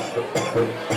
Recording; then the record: coughing mixed with background sound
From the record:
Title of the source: Cough Around the Clock!